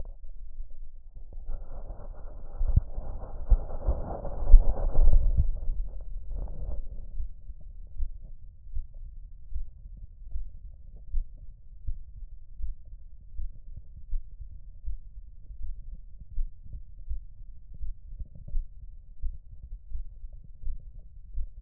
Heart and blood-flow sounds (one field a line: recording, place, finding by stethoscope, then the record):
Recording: heart sounds by stethoscope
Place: mitral valve (MV)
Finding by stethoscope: normal heart sounds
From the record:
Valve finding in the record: normal valve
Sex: female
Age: 43 years